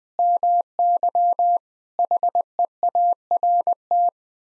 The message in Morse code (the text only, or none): MY HEART